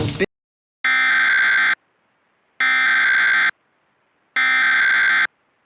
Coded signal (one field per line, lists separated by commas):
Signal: Emergency Alert System (SAME) tones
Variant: header bursts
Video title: EAS Mock 15: Unscripted Rovi Tomfoolery